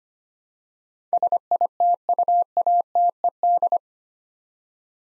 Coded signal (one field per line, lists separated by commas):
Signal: Morse code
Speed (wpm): 25 wpm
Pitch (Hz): 700 Hz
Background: none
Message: SITUATED